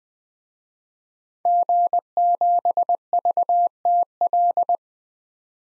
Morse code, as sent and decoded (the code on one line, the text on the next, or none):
--. --... ...- - .-..
G7VTL